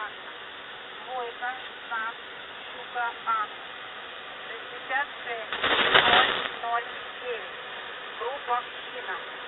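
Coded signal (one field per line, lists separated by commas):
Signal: coded military voice message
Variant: Russian, Squeaky Wheel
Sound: a male voice reading short clipped words over radio hiss, interrupted by a noise burst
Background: radio static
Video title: ⚠ The Squeaky Wheel | 16th November 2023 | 4 Digit Callsign Monolith Voice Message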